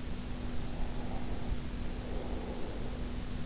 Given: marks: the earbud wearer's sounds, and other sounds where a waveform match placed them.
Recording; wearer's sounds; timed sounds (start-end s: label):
sounds in sleep by an in-ear microphone; breath
0.33-3.31 s: breath